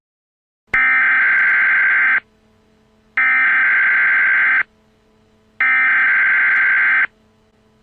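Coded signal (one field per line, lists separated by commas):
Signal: Emergency Alert System (SAME) tones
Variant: header bursts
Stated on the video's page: Fan-made EAS recreation based on the game Parasite Eve with a retro 1997 style.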